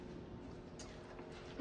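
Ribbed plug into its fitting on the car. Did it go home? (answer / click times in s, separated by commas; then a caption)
no / none. A ribbed plug is pushed into its fitting on a 1969 Camaro that has sat for 41 years. Only a steady broadband background hum is heard, with a brief louder tonal rise near 1.6 seconds. The plug has not clicked or seated yet.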